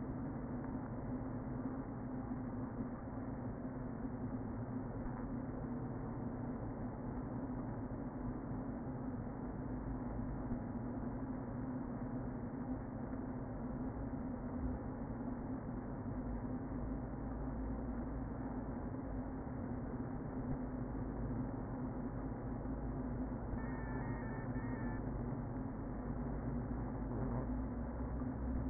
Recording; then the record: honeybee colony, microphone inside the hive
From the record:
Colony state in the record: queen present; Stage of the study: before two queens were removed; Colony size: about 60,000 bees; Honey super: yes